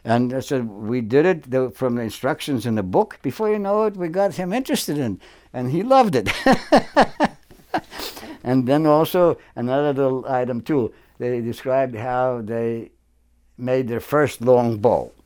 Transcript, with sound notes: And I said, "We did it from the instructions in the book." Before you know it, we got him interested in—and he loved it. [Laughs] And then, also, another little item too. They described how they made their first long bow.